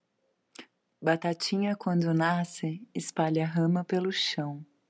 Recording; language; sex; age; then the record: short text; Brazilian Portuguese; female; 30 to 39 years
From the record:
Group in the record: control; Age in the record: 36 years